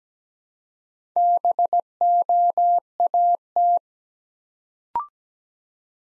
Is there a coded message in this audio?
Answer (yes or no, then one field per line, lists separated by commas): yes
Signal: Morse code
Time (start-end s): 1.2-3.8 s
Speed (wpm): 17 wpm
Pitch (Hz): 700 Hz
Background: none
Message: BOAT